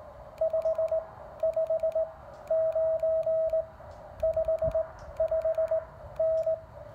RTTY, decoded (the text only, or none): none